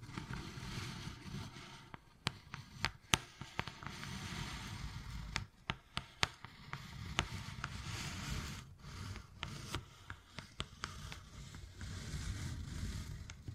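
Wood carving with sharp taps and knocks scattered across the clip, clustered around two to three seconds and again from five to eleven seconds. Between the taps runs a rough, steady scratching and scraping of the tool against wood, with a low rumble underneath.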